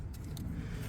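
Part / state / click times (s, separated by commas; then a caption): connector locking tab on oil cooler sensor connector / not seated / none. On a 2017 Dodge Charger 3.6 oil cooler repair, the red plastic connector position lock on the top sensor connector is being handled before it is pushed down. Two faint, sharp ticks at about 0.1 and 0.4 seconds sit over a steady low rumble. Nothing has seated or clicked yet.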